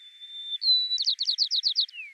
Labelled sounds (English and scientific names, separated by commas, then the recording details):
White-crowned Sparrow (Zonotrichia leucophrys) song
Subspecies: nuttalli
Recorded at Commonweal, California, in 2013
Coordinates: 37.916, -122.720
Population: north
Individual prboO_13